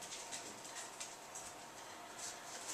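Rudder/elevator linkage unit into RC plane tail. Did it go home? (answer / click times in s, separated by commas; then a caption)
no / none. A plastic rudder and elevator linkage unit is lined up with the holes in the bottom of a Super Cub LP RC plane's tail and slid down before snapping in. Only soft handling rustles and light taps over a steady hiss are heard. Nothing has seated or clicked yet.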